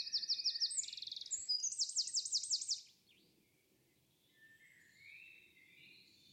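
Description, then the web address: Bird song: a quick sequence of high trilled and looping notes for about three seconds, followed by faint chirping and low background rumble. "cianscape birddata Deverinetal 2025"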